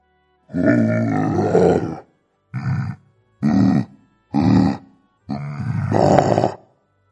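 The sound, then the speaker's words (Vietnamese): A menacing beast growls in five loud bursts: a long, rough opening snarl, three short grunting growls, then a final drawn-out rumble. Nobody speaks. “Một đôi con người đỏ ké tựa như giả thú hung ác nhìn về phía Lê Công Tử đang tiến vào luyện võ trường, phát ra một tiếng gầm gừ.”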